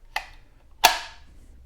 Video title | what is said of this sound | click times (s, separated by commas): Craftsman Drill Tutorial Model CMCD700 | with these grooves on the bottom here and you're just going to push in till you hear a click | 0.2 s, 0.9 s